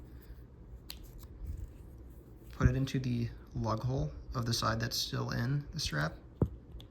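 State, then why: Released. Someone talks while pushing the cylindrical end of a spring bar tool into the watch case lug hole, pressing the quick-release spring bar on an Allwrists rubber strap for a Grand Seiko 62GS and Snowflake. A sharp click sounds at 6.4 s as the spring bar releases from the lug hole so it can be taken out.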